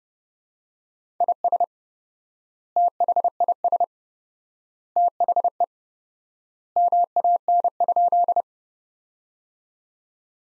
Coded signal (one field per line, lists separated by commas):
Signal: Morse code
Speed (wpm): 30 wpm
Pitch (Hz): 700 Hz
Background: none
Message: IS THIS THE MAN?